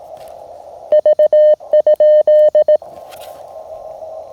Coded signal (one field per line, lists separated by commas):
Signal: Morse code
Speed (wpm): 19 wpm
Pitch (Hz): 590 Hz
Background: none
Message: V?